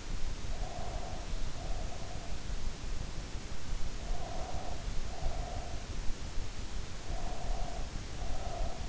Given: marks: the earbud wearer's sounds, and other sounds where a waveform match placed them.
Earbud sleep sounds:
sounds in sleep by an in-ear microphone; breath
0.45-2.72 s: breath
3.72-5.89 s: breath
6.99-8.89 s: breath

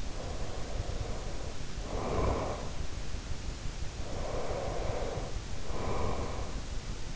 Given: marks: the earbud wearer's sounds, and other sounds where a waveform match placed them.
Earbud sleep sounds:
sounds in sleep by an in-ear microphone; breath
0.22-2.85 s: breath
4.18-6.69 s: breath

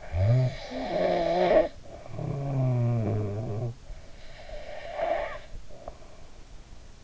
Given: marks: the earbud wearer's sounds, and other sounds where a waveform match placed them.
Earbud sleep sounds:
sounds in sleep by an in-ear microphone; snoring breath, breath
0.03-3.78 s: snoring breath
3.88-7.04 s: breath

